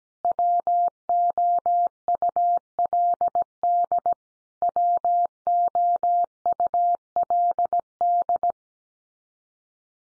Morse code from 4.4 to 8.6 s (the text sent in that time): WOULD